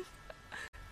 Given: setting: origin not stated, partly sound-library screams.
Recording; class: one-second piece from a danger detection set; normal situation